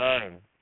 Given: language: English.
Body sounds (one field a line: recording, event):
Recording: throat vibration sensor signal played as sound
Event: speech